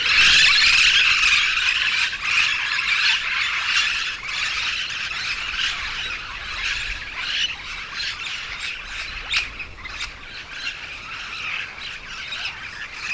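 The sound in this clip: Yellow-shouldered parrot calls, a dense, overlapping chatter of harsh squeals and squawks, loudest at the start and easing slightly through the rest.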